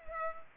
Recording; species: mosquito wingbeat signal from an infrared sensor; Culex pipiens